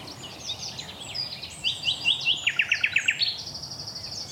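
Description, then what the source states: Common Nightingale song: varied whistled phrases, then a rapid series of sharp repeated notes and a high even trill, with faint background hiss. Increasingly scarce bird singing at the crack of dawn on a common with woodland in Dorset, Britain.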